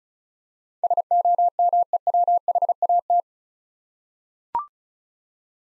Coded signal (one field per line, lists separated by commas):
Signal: Morse code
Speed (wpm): 36 wpm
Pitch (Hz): 700 Hz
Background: none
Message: SOMEWHAT